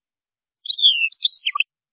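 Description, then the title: European goldfinch song: one brief phrase of high twittering notes with a drawn-out falling slur in the middle, ending in quick chirps. "Chant Chardonneret"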